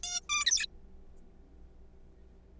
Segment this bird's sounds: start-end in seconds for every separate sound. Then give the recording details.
0.03-0.20, 0.29-0.66. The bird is a juvenile. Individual R3428